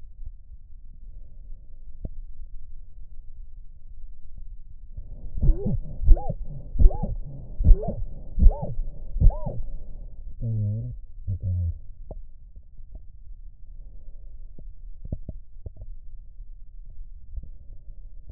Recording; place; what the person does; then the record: lung sounds by stethoscope; right anterior apical chest; quiet breathing, then cough and speech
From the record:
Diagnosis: interstitial lung disease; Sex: male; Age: 65 years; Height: 161 cm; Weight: 74.6 kg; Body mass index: 28.8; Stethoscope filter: extended mode